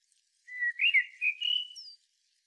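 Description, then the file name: Common blackbird delivering one flowing whistled phrase that wavers and rises, finishing with a thin, high squeaky note. "Turdus merula"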